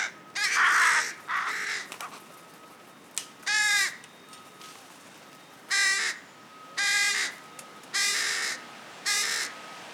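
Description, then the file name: Carrion crow giving a series of hoarse, grating caws repeated irregularly through ten seconds against a faint steady hum. "Corvus corone"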